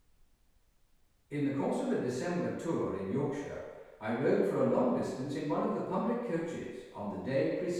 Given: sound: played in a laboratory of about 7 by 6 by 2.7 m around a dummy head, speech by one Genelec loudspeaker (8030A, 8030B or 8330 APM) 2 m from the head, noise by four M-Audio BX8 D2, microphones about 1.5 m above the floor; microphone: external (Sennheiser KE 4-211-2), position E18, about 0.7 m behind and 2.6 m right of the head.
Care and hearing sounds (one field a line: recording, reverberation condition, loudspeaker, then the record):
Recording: male speech in English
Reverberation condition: high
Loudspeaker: 150 degrees to the left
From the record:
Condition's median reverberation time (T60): about 1300 ms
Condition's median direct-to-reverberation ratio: about -4.0 dB